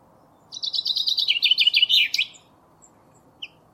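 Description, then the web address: Common chaffinch song: a fast run of repeated bright notes that drops in pitch, ending in a brief flourish, with a few soft chips after. "Deverinetal"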